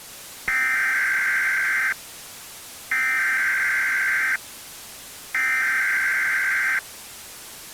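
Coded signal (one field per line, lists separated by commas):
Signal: Emergency Alert System (SAME) tones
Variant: header bursts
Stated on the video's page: Mock EAS tornado scenario for the Kansas City area, containing valid EAS tones.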